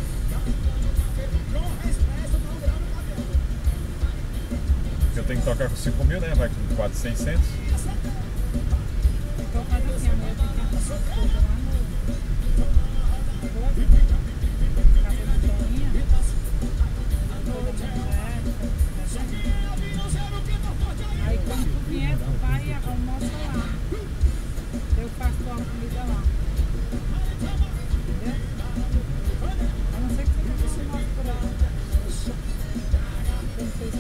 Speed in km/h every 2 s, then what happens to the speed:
47, 46, 47, 47, 45, 42, 41, 43, 43, 42, 42, 43, 42, 42, 42, 43, 42.
0-34 steady at about 43.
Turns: none.